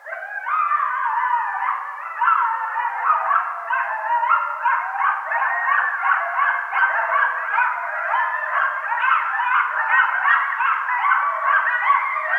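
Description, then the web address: Coyote chorus of many tangled yips and quavering howls, a steady pulsing wall of wavering high notes. Several coyotes recorded on 18 November 2012. "Coyote 2012 11 18 Coyotes"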